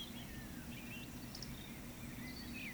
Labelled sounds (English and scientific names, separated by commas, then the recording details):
Eurasian Woodcock (Scolopax rusticola) whistle
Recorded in Baden-Württemberg, Germany, on 14 May 2021 at 18:59 UTC
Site 25175, 602 m above sea level